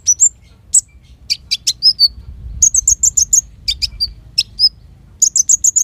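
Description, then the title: Van Hasselt's sunbird singing an energetic jumble of high, thin chirps, short trills and squeaky whistles, with a faint low rumble underneath. Caged bird at the 'ijoan' stage, singing a steady 'gacor' song used as a lure and training therapy for other caged birds of its kind. "KOLIBRI NINJA KONIN IJOAN GACOR COCOK UNTUK PANCINGAN TERAPI KONIN"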